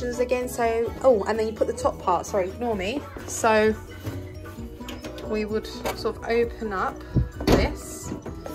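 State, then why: Not seated. Someone talks over music while handling a plastic part of a toy dollhouse, opening it out to press into place, with a few soft knocks and a sharp hit near the end. Nothing has seated or clicked yet.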